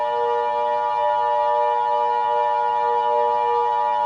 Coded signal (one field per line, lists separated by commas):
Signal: Emergency Alert System (SAME) tones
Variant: 853 and 960 Hz attention tone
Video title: EAS Mock: Carbon Hill Catastrophe